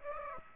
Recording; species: mosquito wingbeat signal from an infrared sensor; Aedes aegypti